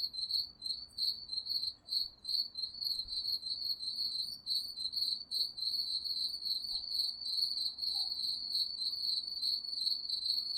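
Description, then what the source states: Crickets trill in high pulsed bursts that run together into near-continuous chirping, a few faint clicks in the background. Crickets chirping at night.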